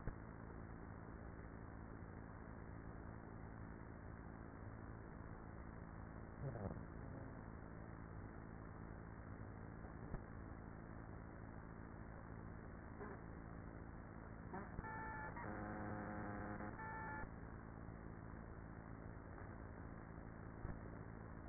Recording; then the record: honeybee colony, microphone inside the hive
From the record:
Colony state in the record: queenless with a low population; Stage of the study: after two queens were removed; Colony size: about 30,000 bees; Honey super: no